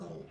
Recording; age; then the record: pig call; piglet (1 to 25 days)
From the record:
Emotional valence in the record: negative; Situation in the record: short isolation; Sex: male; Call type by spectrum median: low-frequency call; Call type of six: low-frequency stable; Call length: 0.31 s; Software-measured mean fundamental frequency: 54 Hz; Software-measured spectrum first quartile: 197 Hz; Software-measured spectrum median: 366 Hz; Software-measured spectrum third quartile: 598 Hz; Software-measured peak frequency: 175 Hz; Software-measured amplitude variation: 133 dB a second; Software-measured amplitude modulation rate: 16.2 a second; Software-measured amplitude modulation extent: 8.2 dB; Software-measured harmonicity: 2.5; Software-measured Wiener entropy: 0.18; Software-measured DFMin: 762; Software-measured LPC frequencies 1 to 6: 468, 2444, 3127, 3924, 5590, 6461 Hz